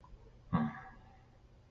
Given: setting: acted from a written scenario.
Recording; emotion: vocal sound without words; shame